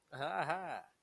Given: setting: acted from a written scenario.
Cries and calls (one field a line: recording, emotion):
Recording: vocal sound without words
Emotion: interest